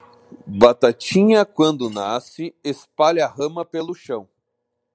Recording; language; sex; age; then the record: short text; Brazilian Portuguese; male; 40 to 49 years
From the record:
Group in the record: control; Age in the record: 42 years